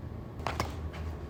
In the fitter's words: And it snaps into place.